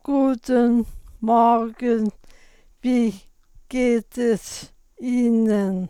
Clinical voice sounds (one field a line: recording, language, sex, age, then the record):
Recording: spoken sentence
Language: German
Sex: female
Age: 60 to 69 years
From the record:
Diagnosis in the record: central laryngeal movement disorder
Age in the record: 60 years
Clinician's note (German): Aphasie-Dysphonie, re Stimmlippe eingeschränkt